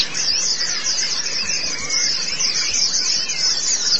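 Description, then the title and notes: White-eye song as an unbroken wash of thin, high, rapid chirping, backed by steady low noise. Pleci (white-eye) chirping song. "Suara kicauan burung pleci"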